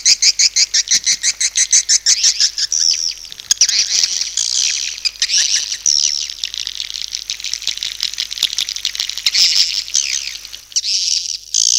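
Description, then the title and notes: Swiftlet calls open with a run of rapid high chirps, then blend into a dense, buzzy twittering chorus with short pauses. Swiftlet sound used for swiftlet farming in Asia. "Swiflet Bird Sound. Farming Swiflet Bird asia sound"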